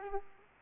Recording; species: mosquito wingbeat signal from an infrared sensor; Aedes aegypti